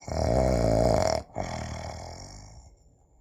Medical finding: Male snore.